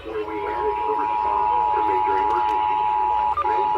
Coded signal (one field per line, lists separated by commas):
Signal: Emergency Alert System (SAME) tones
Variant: 853 and 960 Hz attention tone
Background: speech